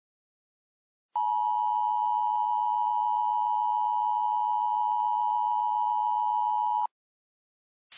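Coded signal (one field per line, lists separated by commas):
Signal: Emergency Alert System (SAME) tones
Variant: 853 and 960 Hz attention tone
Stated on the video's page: Fake hypothetical EAS scenario; simulated alert tones for a Florida tornado outbreak.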